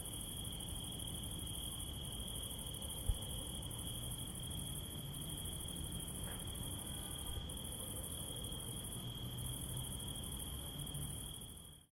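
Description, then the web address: Cricket sound as a sustained high-pitched whine with a pulsing upper buzz, one brief click early on, fading out at the end. "sons grillon"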